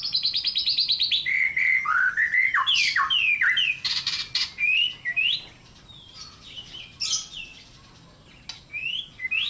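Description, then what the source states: White-rumped shama song opening with a fast buzzy trill, followed by rich looping whistles and harsh chattering notes, then quieter scattered phrases with brief pauses. Murai master song for training cage birds to sing, with lovebird-like notes.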